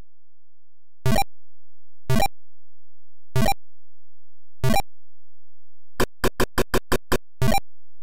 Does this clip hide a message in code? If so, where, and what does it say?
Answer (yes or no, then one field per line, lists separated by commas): no